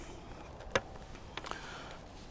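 The revolving nut of a heavy 1250 lb windlass-spanned medieval crossbow is rotated into its set position in the ash stock, and the steel trigger engages it. A sharp click at 0.8 s marks the nut seating in its trigger catch, followed by fainter ticks around 1.4 and 1.5 s over a quiet background.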